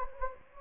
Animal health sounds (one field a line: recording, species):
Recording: mosquito wingbeat signal from an infrared sensor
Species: Anopheles gambiae